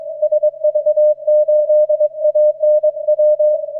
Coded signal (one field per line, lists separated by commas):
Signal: Morse code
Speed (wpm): 23 wpm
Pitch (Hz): 620 Hz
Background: none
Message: SV8ANW